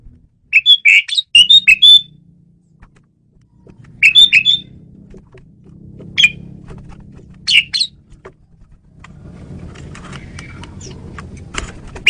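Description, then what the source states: Asian pied starling giving bursts of sharp chirping notes at intervals over a steady low hum and background noise. Female bird, used as a lure bird.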